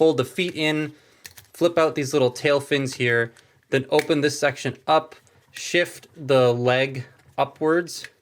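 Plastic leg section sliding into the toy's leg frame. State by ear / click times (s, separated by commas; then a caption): not seated / none. While someone talks, a purple plastic Transformers Gamer Edition Skywarp robot toy is handled: the feet fold in, small tail fins flip out, a section opens, and the plastic leg section is shifted upward into the leg frame, with light plastic clicks and rattles between the words. Nothing has seated or clicked into place yet.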